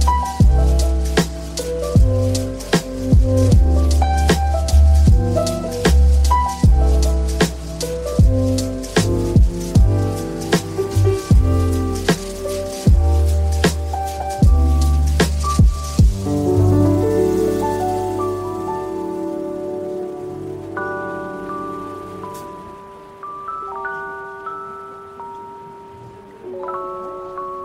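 Soft coffee shop music with a steady, regular beat and bass for about sixteen seconds, then thinning to slow, sustained melodic notes.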